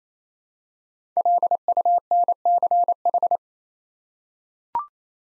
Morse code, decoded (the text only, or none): LUNCH